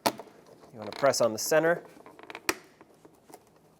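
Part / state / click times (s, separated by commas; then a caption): replacement side mirror glass onto truck side mirror housing / seated / 2.5 s. A new plastic-backed replacement mirror glass for a 2009-2014 Ford F-150 is centered and pressed at its center onto the truck's side mirror housing motor mount. Someone talks, a few faint ticks follow, and a sharp click at 2.5 s marks the glass clicking into place, seated.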